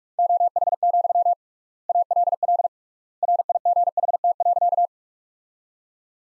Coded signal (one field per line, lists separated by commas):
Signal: Morse code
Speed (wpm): 46 wpm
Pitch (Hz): 700 Hz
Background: none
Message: OH, ALL RIGHT.